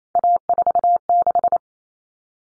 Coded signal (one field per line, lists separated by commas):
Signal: Morse code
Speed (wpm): 28 wpm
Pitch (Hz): 700 Hz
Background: none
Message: A46